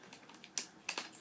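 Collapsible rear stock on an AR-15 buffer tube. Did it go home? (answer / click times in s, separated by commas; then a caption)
yes / 0.6 s, 0.9 s. A collapsible rear stock on the buffer tube of a 14.5 BCM AR-15 is slid along the tube and locked into position, with faint light ticks before two sharp clicks at 0.6 s and 0.9 s as the stock lock engages. The stock seats and locks in place, which nearly removes its wobble.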